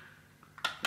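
The hinged plastic cover flap of an Opus weatherproof IP55 outdoor wall socket is pressed shut and locked, which makes the socket truly splash-proof. After faint ticks at 0.4 and 0.6 seconds, sharp plastic clicks ring out at 0.7 and 0.9 seconds as the flap latches closed.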